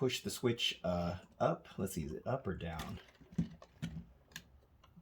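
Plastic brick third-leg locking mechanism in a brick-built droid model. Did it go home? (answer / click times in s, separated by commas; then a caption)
no / none. Someone talks while flipping the plastic switch on a 2012 brick-built droid model to lock or release its retractable third leg, and small ticks are heard from the plastic brick locking mechanism inside. The mechanism clicks several times but fails to lock. It is a finicky mechanism, and nothing has seated yet.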